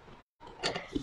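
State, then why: Seated. A metal bobbin case is pushed back into the hook assembly of a longarm quilting machine, with the latch door kept closed and to the right. After a brief silence and some handling and rustling, a short, sharp click at 0.96 s shows the bobbin case has seated in position.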